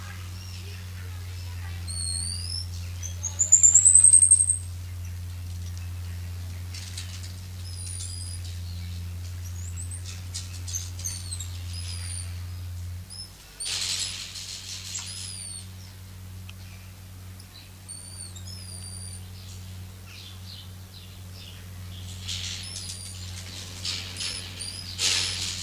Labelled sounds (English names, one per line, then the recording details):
Goeldi's Marmoset call
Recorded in captivity
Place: Zoo Münster, Nordrhein-Westfalen, DE
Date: 1988-10-04 12:53
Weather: bedeckt, 14°C
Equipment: Sony WM-D6C, Kopie Uher
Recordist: Tembrock, Günter